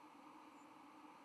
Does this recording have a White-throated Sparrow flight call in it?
yes